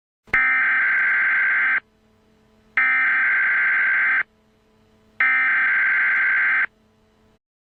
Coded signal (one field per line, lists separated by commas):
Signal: Emergency Alert System (SAME) tones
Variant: header bursts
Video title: Micronation EAS Alert